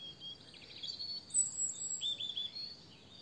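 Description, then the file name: European robin song: thin, high, drawn-out whistled notes and a short trill, with soft hiss beneath. "Erithacus rubecula"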